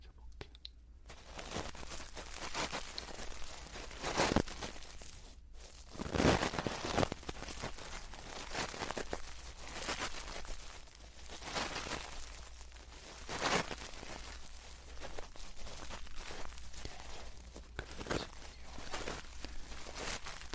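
Ear cleaning and touching sounds: dense, continuous scratchy rustling and crackling with a low rumble underneath. Louder bursts of rubbing stand out around 4, 6, 13.5 and 17.5 seconds, with a brief near-silence just before 6 seconds.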